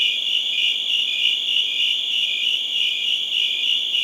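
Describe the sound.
Cricket: a constant high-pitched pulsing trill.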